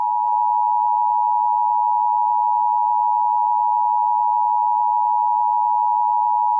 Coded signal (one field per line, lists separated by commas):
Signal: Emergency Alert System (SAME) tones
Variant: 853 and 960 Hz attention tone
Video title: EAS Scenario: Storm of the Century